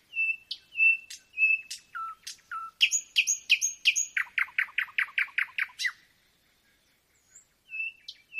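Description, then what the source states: Nightingale song opening with steady whistled notes, then quick stuttering chatter and a rapid repeated trill before a short silence. Singing at night; nocturnal performance.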